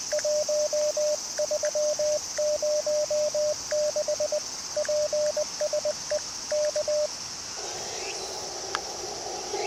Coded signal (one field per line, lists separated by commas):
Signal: Morse code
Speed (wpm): 20 wpm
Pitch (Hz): 600 Hz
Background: radio noise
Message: 1306 PSE K